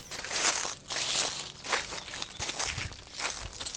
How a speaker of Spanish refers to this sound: Escogí una ruta que me llevaba por la montaña, a través de infinitos árboles cuyas hojas, al estar en otoño, estaban en el suelo, crujiendo en cada uno de mis pasos.